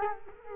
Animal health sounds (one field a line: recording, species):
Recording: mosquito wingbeat signal from an infrared sensor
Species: Culex quinquefasciatus